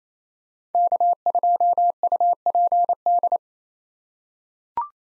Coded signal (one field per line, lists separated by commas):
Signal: Morse code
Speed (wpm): 28 wpm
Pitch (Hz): 700 Hz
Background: none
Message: K2UPD